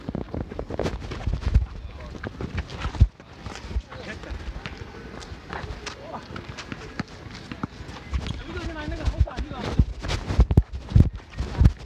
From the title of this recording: Basketball at Sunset Park, Brooklyn